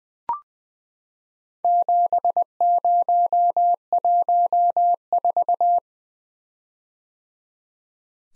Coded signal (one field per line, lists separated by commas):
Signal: Morse code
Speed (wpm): 20 wpm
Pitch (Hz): 700 Hz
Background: none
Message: 7014